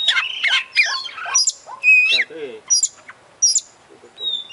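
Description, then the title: Oriental magpie-robin pouring out a rich, fast medley of whistles, warbles and sharp high notes, with a few lower chattering phrases between louder bursts. Champion bird in lively full song (gacor). "Kacer Juara Gacor"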